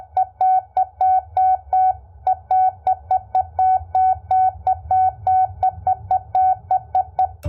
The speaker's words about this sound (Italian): questo era il mio nome, Enrico Ruggeri, scritto in codice Morse